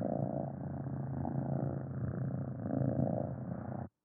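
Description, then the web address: Cat purring, a continuous deep rumbling hum with gentle swells, ending abruptly. Long, deep purring. "SFXSource. Cat Purring Long Deep"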